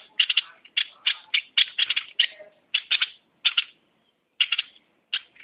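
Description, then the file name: Bulbul in short, harsh chattering bursts, repeated in quick clusters with brief pauses between them. "merbah lekir"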